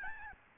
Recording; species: mosquito wingbeat signal from an infrared sensor; Aedes albopictus